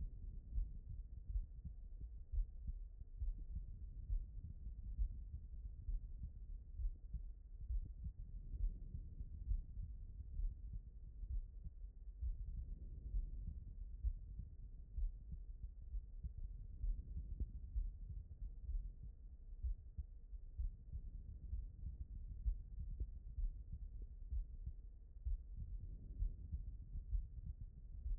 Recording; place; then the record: heart sounds by stethoscope; aortic valve (AV)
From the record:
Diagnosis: non-HFrEF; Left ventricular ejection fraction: 65%